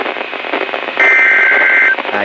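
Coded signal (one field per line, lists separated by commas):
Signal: Emergency Alert System (SAME) tones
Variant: header bursts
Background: speech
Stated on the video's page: Severe weather EAS alerts from Maine-area stations, including distant reception of weather radio station WXJ40 in central New Hampshire.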